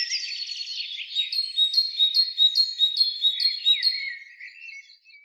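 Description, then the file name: Great tit singing: a bright, high two-part note repeated rapidly in a steady series, after a jumble of high notes at the start. "Parus major"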